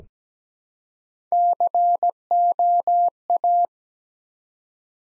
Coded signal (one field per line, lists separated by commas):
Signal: Morse code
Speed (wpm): 17 wpm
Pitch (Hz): 700 Hz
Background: none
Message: COA